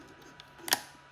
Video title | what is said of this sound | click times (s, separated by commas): DJI MIni 2 Gimbal Repair | Just squeeze and it snaps. | 0.4 s, 0.7 s